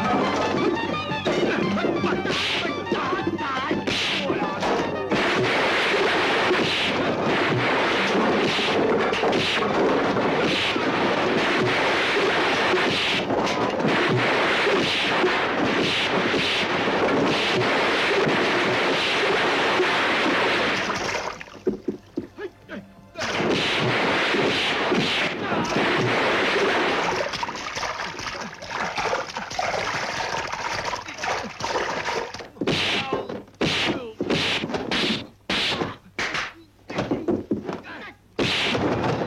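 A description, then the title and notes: Kung fu fighting on boats in a river: dense, busy clatter with sharp whacks and hits, a brief lull near 22 seconds, then sporadic thwacks. KUNG FU FIGHTING ON A BOAT. CHINESE MEN FIGHTING ON BOATS IN RIVER, KUNG FU, CHOREOGRAPHED FIGHTING WITH SOUND EFFECTS.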